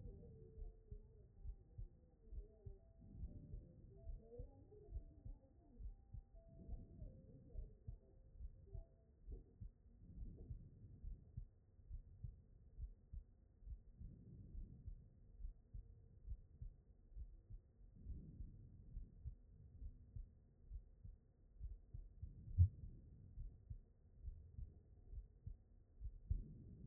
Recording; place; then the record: heart sounds by stethoscope; aortic valve (AV)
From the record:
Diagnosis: non-HFrEF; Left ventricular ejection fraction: 71%